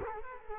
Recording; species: mosquito wingbeat signal from an infrared sensor; Culex quinquefasciatus